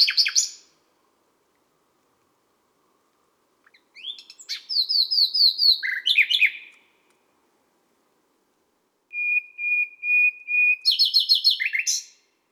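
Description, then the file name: Common nightingale song of varied phrases: sharp high notes, a run of quick descending chirps, a series of pure level whistles, then a dry rapid rattle; otherwise silent. Sung at midnight at Les Salelles, Ardèche. "Rossignol-philomele-a-minuit-Les-Salelles-Ambiances-Sonores-d Ardeche-Studio-Les-Trois-Becs"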